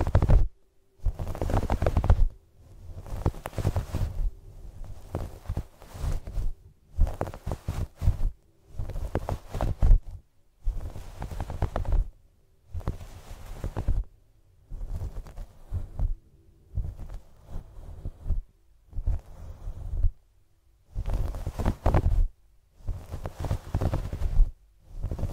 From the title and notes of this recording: Fluffy Mic TRIGGERS. Scalp Massage. No Talking.